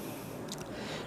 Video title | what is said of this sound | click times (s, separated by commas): how to installation and fittings new pcp hand pump | ये filling probe लगा के बंद कर देंगे, तो ये लॉक हो जाएगी। | 0.5 s, 0.6 s